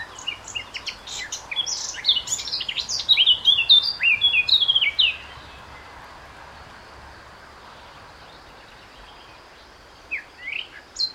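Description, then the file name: Eurasian blackcap warbling rapidly for about five seconds, then quiet with light background hiss before a brief few notes near the end. "Sylvia atricapilla"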